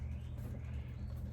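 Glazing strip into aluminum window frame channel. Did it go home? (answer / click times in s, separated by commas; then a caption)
no / none. A thumb pushes a plastic glazing strip up into the aluminum window frame channel of a 1964 Airstream Globetrotter during restoration. Only a steady low hum and rumble is heard, with no sharp sounds. Nothing has seated or clicked yet.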